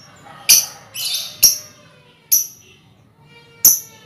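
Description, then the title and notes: Lovebird with quick shrill chirps and a brief buzzy chatter, then two more spaced chirps. Lovebird song in the style called ngekek, used as a lure song (kicau pancingan). "Master Kicau Lovebird ngekek, kicau pancingan"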